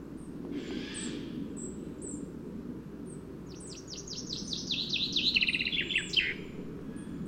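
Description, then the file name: Common chaffinch song of quick descending notes building to a terminal flourish, with high chirps from another bird and a constant low rumble beneath. "Fringilla coelebs"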